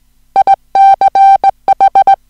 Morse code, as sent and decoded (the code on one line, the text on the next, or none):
.. -.-. ....
ICH